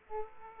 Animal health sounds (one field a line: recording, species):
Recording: mosquito wingbeat signal from an infrared sensor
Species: Aedes aegypti